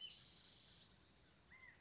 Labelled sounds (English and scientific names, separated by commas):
California Quail (Callipepla californica)